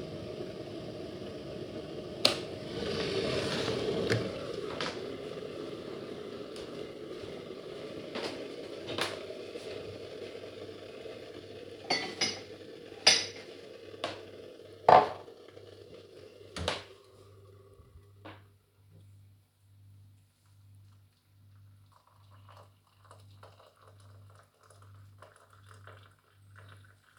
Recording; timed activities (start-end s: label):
household activities, microphone on the right wrist
0.00-27.19 s: making tea